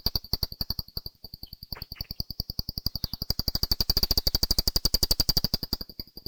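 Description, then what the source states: Brown long-eared bat gives a steady, rapid series of sharp clicks beneath a continuous high-pitched hum. Valley Gardens, Harrogate; part of a sound map of Harrogate.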